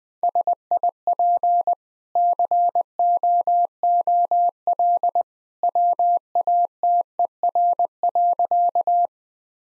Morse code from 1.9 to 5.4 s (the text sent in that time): COOL